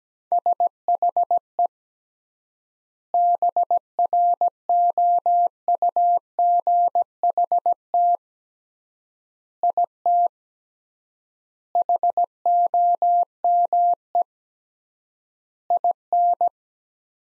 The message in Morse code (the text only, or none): SHE BROUGHT IT HOME IN